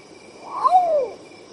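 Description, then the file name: Long-tailed potoo song: a lone melancholy whistle, quick upturn then a long descending glide, set against steady high-pitched insect hum. "canto do urutau pardo"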